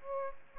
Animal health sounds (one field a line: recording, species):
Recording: mosquito wingbeat signal from an infrared sensor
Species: Aedes aegypti